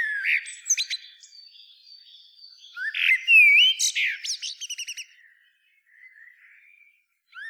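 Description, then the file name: Eurasian blackbird singing: fluted warbled notes run into rapid high, scratchy twittering, then a short pause and a soft, quiet warble. "Turdus merula"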